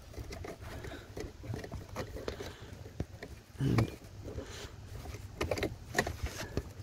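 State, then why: Seated. A plastic wiring harness connector for the auxiliary switches on a 2021 Ram 3500 Mega Cab Dually is pushed into its mating socket under the hood, in a tight spot next to the battery ground cable, while someone talks. Rustling and small handling taps lead to a sharp click at 6.0 s as the connector seats in place.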